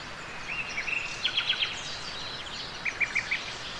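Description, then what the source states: Nightingale song: phrases of quick repeated notes, one early and another about three seconds in, over steady background hiss. Several nightingales singing.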